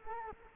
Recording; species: mosquito wingbeat signal from an infrared sensor; Culex quinquefasciatus